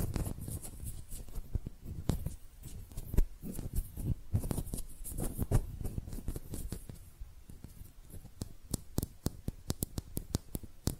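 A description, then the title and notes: Hand sounds with no talking: rapid, dense clicks and rubbing taps fill the first half, each one a sharp crackling tick over low thumps. Later the handling thins out into more spaced, distinct crisp taps, repeating every half second or so until the end. ASMR Relaxing Hand Sounds (No Talking).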